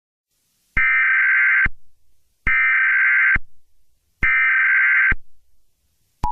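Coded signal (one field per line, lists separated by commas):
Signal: Emergency Alert System (SAME) tones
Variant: header bursts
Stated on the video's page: Fictional EAS scenario, not a real alert.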